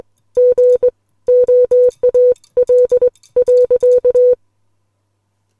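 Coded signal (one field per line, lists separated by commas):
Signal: Morse code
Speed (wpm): 22 wpm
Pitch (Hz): 500 Hz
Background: music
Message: GOAL .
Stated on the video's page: Morse code poem sent on a Les Logan SpeedX model 500 bug key.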